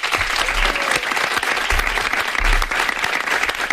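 An audience claps steadily, a dense, even wash of many hands applauding at a fairly loud level throughout, with no voices standing out.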